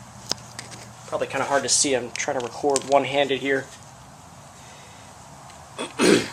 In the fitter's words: You want to make sure it pops into the groove here.